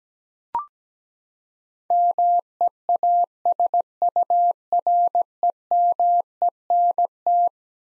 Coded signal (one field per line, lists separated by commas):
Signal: Morse code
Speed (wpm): 17 wpm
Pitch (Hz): 700 Hz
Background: none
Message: MEASUREMENT